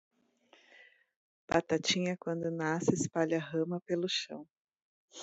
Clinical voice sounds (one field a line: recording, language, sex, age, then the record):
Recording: short text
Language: Brazilian Portuguese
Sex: female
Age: 40 to 49 years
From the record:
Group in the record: control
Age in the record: 45 years